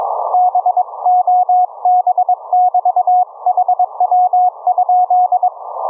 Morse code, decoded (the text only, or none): BOB <BT> HW?